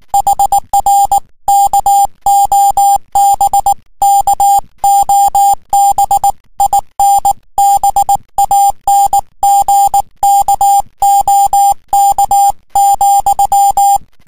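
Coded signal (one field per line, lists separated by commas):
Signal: Morse code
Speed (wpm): 18 wpm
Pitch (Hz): 800 Hz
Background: music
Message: HR KOB KOB IN BANGKOK,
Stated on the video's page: HF CW contacts on 28.017 MHz.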